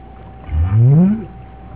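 Whale call: a low moaning tone sweeping upward in under a second, with harmonics above and a steady background hum.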